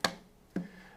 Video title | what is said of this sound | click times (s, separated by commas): ROKFORM iPhone 15 Series Rugged Case - Unboxing | it just snaps right in | 0.1 s